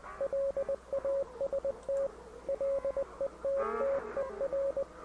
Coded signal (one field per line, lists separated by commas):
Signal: Morse code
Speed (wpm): 20 wpm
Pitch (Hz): 550 Hz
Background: radio noise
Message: LAST LETTER